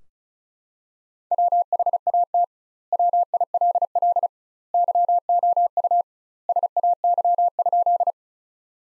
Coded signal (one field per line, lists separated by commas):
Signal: Morse code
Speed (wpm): 34 wpm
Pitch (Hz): 700 Hz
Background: none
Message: WHAT WILL YOU SAY?